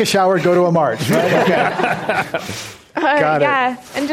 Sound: laughter

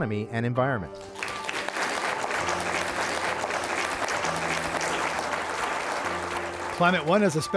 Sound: applause

